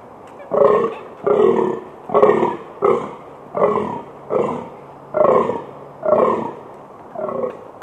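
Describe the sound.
Fallow deer groaning, loud belch-like grunts in a series of nine, each about half a second long with brief gaps between.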